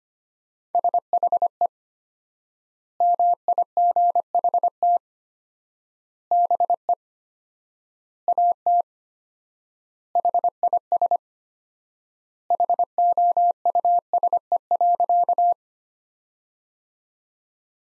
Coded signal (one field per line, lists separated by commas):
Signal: Morse code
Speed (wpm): 25 wpm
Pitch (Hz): 700 Hz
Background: none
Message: SHE MIGHT BE AT HIS HOUSE.